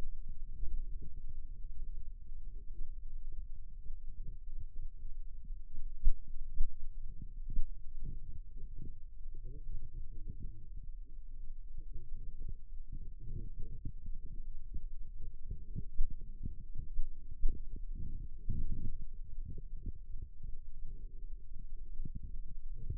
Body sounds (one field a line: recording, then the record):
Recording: forearm muscle sounds (acoustic myography)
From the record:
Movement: rest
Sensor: system 2, bracelet of six BSWA MPA416 microphones around the upper forearm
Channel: 6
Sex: male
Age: 22 years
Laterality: right